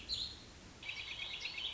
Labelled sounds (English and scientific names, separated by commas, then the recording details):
Warbling Vireo (Vireo gilvus)
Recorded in Sonoma County, California